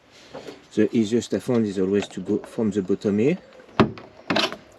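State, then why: Released. Someone talks, then pulls the plastic tail-light access cover in the rear side panel inside the boot of a 2003–2009 VW Touran, starting from the bottom because that is easiest. The cover comes free of its four clip points, with sharp plastic pops at 3.8 s and 4.3 s as the clips release.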